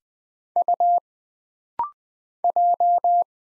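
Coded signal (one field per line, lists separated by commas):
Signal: Morse code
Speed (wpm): 20 wpm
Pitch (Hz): 700 Hz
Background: none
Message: U J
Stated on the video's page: Rapid-fire 20wpm Morse drill of single letters and numbers, each character sent twice, for instant character recognition.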